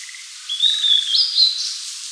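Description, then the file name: Blue-and-white flycatcher song, one sustained whistled phrase that rises in steps to a higher ending, above a soft beaded trill. "Cyanoptila cyanomelana"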